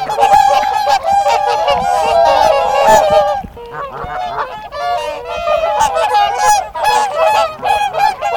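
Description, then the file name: Whooper swan flock giving loud, nasal trumpeting honks that overlap continuously, busiest in the first three seconds, then a brief lull before renewed calling. Recorded at Hamretjern on 7 February 2021. "sangsvane hamretjern"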